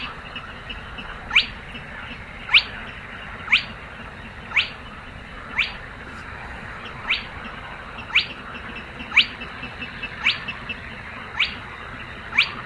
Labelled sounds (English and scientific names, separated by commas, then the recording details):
Spotted Crake (Porzana porzana) song
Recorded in the wild
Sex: male
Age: adult
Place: Kützerhof, Kummerower See, Mecklenburg-Vorpommern, DE
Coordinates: 53.8539, 12.8664
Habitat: wetland
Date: 2009-05-28
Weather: bedeckt, schwacher Wind aus West, ca. 10°C
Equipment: Sound Devices 702, Sennheiser MKH 70, Rycote Windschutz
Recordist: Frommolt, Karl-Heinz